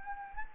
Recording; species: mosquito wingbeat signal from an infrared sensor; Anopheles gambiae